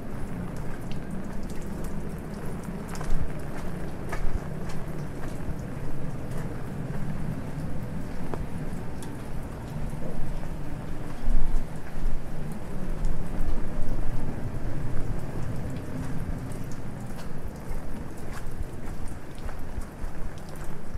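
Rain patters steadily on an umbrella while walking through a busy city street at night. A dense, low rumble of traffic and crowd noise runs underneath throughout, with sharper drip-like taps scattered irregularly across the whole stretch.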